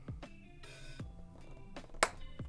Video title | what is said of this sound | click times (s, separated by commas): Fanhome Build Series - Millennium Falcon - Ep. 13 | And when it goes in, it is definitely like a satisfying click, for sure. | 2.0 s